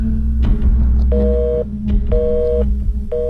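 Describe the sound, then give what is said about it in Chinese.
An unanswered telephone ringback tone, its fourth and fifth rings, repeats in even half-second pulses of a steady mid-pitched hum, with equal gaps between them, over a low background drone. “如果他拿起电话，我该说什么呢？第四声，第五声”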